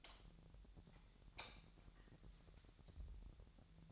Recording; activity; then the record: daily activity, microphone in the room; light on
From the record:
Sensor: 3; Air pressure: 1012.0 hPa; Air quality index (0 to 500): 224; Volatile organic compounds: 4 ppm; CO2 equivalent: 1664 ppm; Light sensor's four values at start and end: 13/31/13/13 and 15/37/16/16